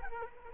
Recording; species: mosquito wingbeat signal from an infrared sensor; Culex quinquefasciatus